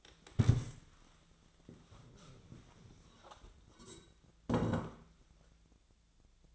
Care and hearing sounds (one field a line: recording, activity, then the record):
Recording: daily activity, microphone in the room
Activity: stand up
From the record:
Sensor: 3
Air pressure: 1000.5 hPa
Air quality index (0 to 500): 168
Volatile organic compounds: 3 ppm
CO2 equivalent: 1467 ppm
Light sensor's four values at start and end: 15/34/15/15 and 14/33/14/15